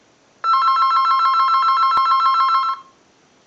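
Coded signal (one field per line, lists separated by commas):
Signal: none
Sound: telephone bell ringing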